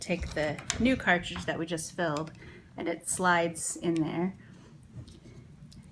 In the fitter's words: clicks in normally